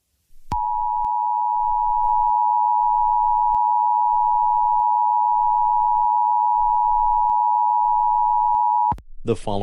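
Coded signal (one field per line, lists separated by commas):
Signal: Emergency Alert System (SAME) tones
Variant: 853 and 960 Hz attention tone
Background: speech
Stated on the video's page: Fictional EAS scenario, not a real alert.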